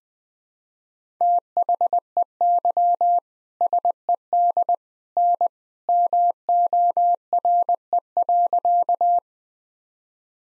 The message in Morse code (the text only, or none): THEY SED N MORE.